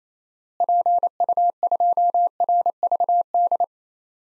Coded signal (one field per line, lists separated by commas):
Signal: Morse code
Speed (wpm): 28 wpm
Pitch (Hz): 700 Hz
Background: none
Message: PU2RVD